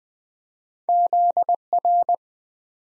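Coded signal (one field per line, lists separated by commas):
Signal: Morse code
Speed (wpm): 20 wpm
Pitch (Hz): 700 Hz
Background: none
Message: ZR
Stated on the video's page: 20 wpm head-copy practice of random two-character letter and number combinations, each sent in Morse, spoken, then sent again.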